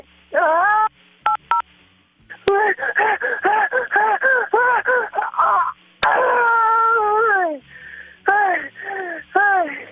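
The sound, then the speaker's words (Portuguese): A person imitates a woman giving birth for the show's 'Papai Eu Quero' game: a rapid run of strained, wavering moans and cries that rise and fall in pitch, with a few short electronic beeps near the start and a thin, tinny tone. “Ai, tá nascendo!”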